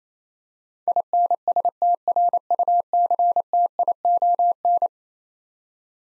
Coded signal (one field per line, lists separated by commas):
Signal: Morse code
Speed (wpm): 28 wpm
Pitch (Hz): 700 Hz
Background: none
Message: INSTRUCTION